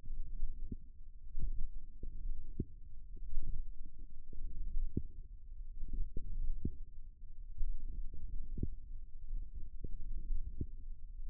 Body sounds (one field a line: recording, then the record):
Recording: forearm muscle sounds (acoustic myography)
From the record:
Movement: hand closing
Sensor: system 1, eight BSWA MPA416 microphones around the upper forearm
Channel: 8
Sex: female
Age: 21 years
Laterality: right